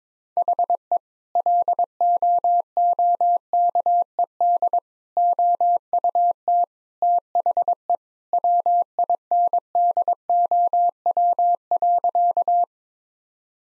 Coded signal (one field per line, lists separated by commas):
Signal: Morse code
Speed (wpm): 22 wpm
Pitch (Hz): 700 Hz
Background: none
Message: HE LOOKED OUT THE WINDOW.